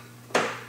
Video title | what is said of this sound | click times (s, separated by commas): Droll Yankees - Yankee Flipper Power Stick Replacement | when you twist clockwise you will hear a click | 0.3 s